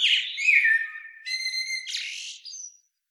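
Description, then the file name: Common blackbird: a sliding, whistled descending note, then a steady buzzy tone and a brief harsh burst, all in under three seconds. "Turdus merula"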